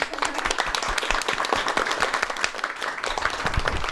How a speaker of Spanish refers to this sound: Igual, un aplauso al compañero.